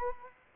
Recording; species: mosquito wingbeat signal from an infrared sensor; Anopheles arabiensis